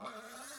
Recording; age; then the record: pig call; piglet (1 to 25 days)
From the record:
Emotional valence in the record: negative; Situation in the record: short isolation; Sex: male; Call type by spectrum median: low-frequency call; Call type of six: high-frequency stable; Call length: 0.58 s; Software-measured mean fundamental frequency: 210 Hz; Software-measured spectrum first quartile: 958 Hz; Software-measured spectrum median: 2154 Hz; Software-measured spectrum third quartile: 6980 Hz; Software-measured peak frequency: 642 Hz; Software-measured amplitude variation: 76 dB a second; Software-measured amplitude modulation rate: 19.8 a second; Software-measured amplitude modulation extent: 3.8 dB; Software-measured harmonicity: 1.9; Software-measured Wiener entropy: -1.92